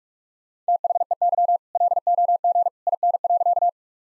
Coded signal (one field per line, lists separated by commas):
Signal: Morse code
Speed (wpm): 46 wpm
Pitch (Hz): 700 Hz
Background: none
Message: THEY LOG IN.